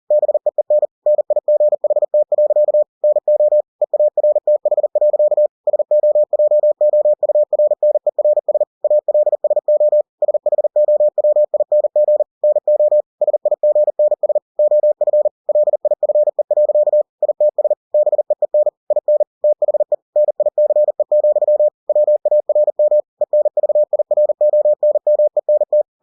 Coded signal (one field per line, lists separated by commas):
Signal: Morse code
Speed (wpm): 40 wpm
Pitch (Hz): 600 Hz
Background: none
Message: BEEN NIGHT. NO EARTH. SOJOURNERS ALSO SHOWING NO SIGNS OF LIFE. ITS BEEN IN THE NICE, WARM ENVIRONMENT